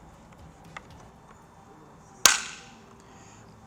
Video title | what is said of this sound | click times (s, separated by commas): Porsche Tequipment Cross Bar Installation for Porsche Cayenne and Porsche Macan | Once you hear that click, you're just going to go ahead and push the dial back in. | 2.3 s